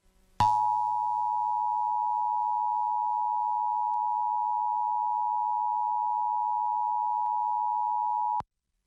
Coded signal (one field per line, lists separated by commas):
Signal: Emergency Alert System (SAME) tones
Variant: 853 and 960 Hz attention tone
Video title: Various Emergency Alert System (EAS) Tests - Week of 9/13/2021